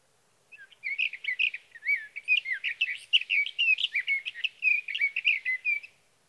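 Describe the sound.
Sage thrasher singing a sustained, jumbled warble of quick warbled and whistled notes that runs on for over five seconds with no pause.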